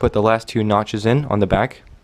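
While reassembling an L85A2 airsoft rifle after a spring change, an internal gearbox part is being fitted with its last two notches at the back, ready to be pushed down to lock into place. Someone talks throughout, with no distinct handling sounds. The part is handled but nothing has seated or clicked yet.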